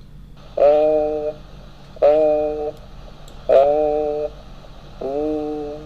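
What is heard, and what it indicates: Four sustained, muffled vowel sounds come through the adult chest wall, one roughly every 1.5 seconds, with a nasal, bleating tone over a low steady hum. This is egophony: a vocalized 'e' heard as 'a', typical over compressed lung or consolidation.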